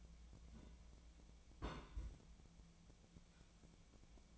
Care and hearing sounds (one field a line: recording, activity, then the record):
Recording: daily activity, microphone in the room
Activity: place on stove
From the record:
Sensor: 1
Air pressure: 1010.0 hPa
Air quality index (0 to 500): 188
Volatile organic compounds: 17 ppm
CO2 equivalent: 2579 ppm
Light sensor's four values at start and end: 38/96/40/49 and 38/96/40/49